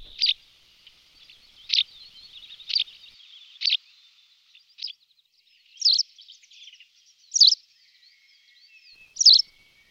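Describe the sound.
White wagtail song: sharp high chirps given every one to two seconds, with faint twittering between them.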